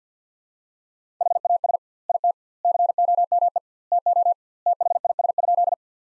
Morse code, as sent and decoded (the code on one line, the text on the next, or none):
.... .- ... / .. - / -.-. --- -- . / - --- / - .... .. ... ..--..
HAS IT COME TO THIS?